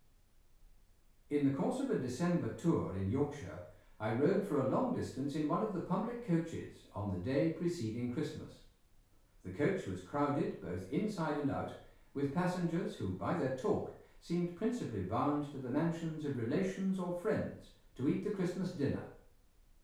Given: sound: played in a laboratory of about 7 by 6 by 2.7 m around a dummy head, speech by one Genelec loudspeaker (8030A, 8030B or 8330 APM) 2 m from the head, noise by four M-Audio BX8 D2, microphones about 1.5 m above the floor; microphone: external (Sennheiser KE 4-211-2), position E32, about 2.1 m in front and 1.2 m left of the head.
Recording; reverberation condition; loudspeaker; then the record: male speech in English; medium; 90 degrees to the left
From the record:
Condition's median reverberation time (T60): about 510 ms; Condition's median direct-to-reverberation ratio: about -0.5 dB